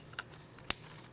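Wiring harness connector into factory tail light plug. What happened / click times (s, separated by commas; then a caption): The wiring connector snapped into its plug / 0.7 s. A new Roadmaster Universal Hy-Power diode wiring harness connector is plugged back into the factory tail light plug on a 2021 Jeep Wrangler. A few faint ticks lead up to one loud, sharp snap at 0.7 s as the plastic connector locks, and it is seated.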